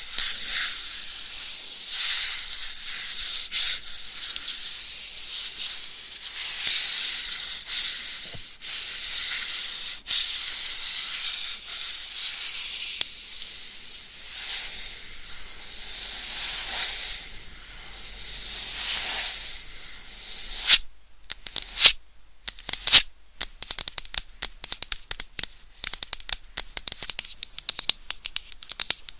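Binaural mic scratching makes a dense, bright hissing rasp for about twenty seconds, then breaks into choppy bursts separated by sudden silences.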